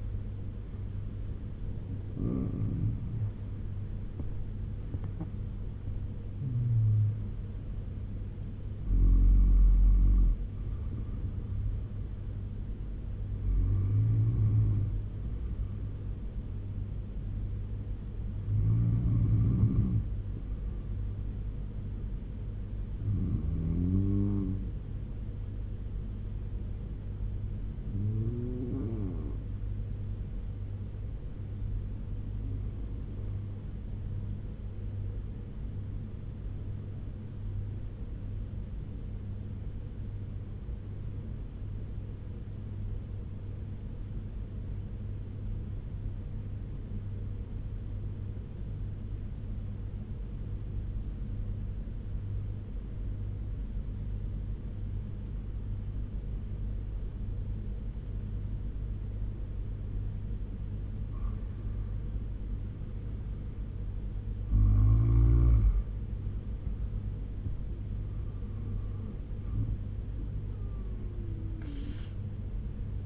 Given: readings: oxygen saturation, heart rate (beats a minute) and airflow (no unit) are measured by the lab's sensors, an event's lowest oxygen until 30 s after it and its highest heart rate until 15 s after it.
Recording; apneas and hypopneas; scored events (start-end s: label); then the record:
breathing in sleep by a smartphone at the bedside; 1
16.00-73.06 s: new sleep stage, N2 (light sleep)
36.00-63.80 s: obstructive apnea (N2, oxygen 96% highest, then 88% lowest, heart rate 76 at the start, 87 highest)
From the record:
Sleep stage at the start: N1 (lightest sleep); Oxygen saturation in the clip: 84 to 97%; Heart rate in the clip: 70 to 94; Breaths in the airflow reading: 9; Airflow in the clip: -10.1 to 12.4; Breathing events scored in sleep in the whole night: 201 in 6.5 hours asleep